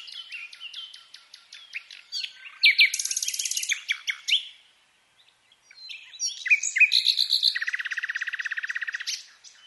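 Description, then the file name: Common nightingale song: repeated clicking notes, a loud buzzy rattle, a short pause, then varied notes and a long, fast, even trill. "Luscinia megarhynchos"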